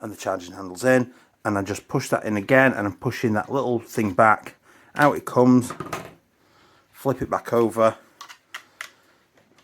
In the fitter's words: and click oops easy